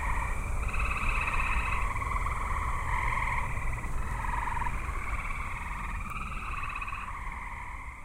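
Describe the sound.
Tree frog trills in repeated pulsed bursts of a second or two, over a steady low rumble.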